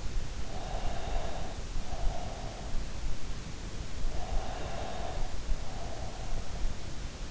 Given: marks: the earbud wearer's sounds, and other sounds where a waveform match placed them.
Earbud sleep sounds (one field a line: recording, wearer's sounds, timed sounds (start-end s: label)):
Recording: sounds in sleep by an in-ear microphone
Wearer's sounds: breath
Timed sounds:
0.71-2.70 s: breath
4.06-6.48 s: breath